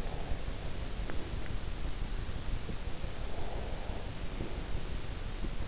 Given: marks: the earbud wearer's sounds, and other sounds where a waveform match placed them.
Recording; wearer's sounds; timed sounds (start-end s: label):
sounds in sleep by an in-ear microphone; breath
0.00-0.92 s: breath
3.46-4.44 s: breath